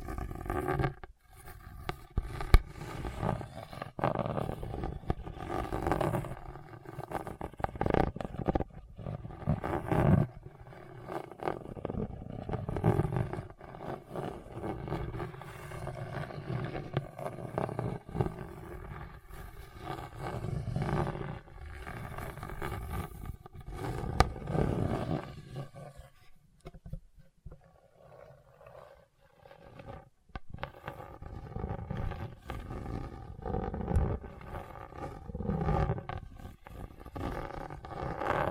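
Hard, bumpy surface being scratched in dense, rough, uneven strokes that rasp and rumble low, with frequent sharp clicks. The scraping runs fairly steadily, thins to a near pause around 26 to 30 seconds, then picks up again in short bursts until the end.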